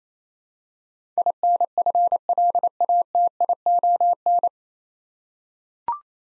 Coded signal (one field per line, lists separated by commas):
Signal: Morse code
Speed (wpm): 28 wpm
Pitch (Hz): 700 Hz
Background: none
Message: INFLATION